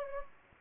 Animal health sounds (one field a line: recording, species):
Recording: mosquito wingbeat signal from an infrared sensor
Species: Anopheles gambiae